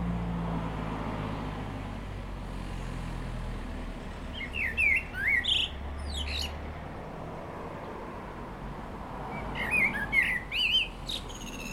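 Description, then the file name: Common blackbird delivering two separate song phrases several seconds apart, each mellow whistles ending in high chattering notes, with a steady low rumble throughout. "Turdus merula"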